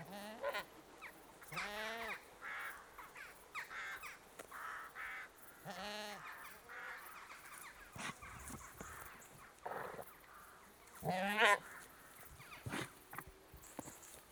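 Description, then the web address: Goat giving repeated quavering bleats every second or two, some louder and longer, over a low background of rustling and faint knocks. British goat, bleating while annoyed. "The BBC Sound Effects Library. British Goat Bleating"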